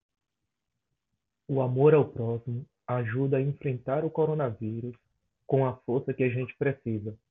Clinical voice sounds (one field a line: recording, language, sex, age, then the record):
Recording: spoken sentence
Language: Brazilian Portuguese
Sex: male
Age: 20 to 29 years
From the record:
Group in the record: control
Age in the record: 26 years